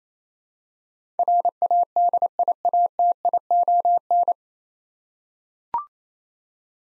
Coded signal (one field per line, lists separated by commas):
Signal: Morse code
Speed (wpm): 28 wpm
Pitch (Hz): 700 Hz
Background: none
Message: RADIATION